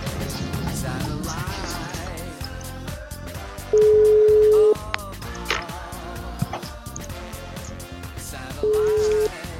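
A telephone dial tone sounds twice, each a flat, steady hum lasting about a second, loud above a busy, clattering background of line noise and faint muffled voices, as a call is placed from a car on a line that keeps dropping.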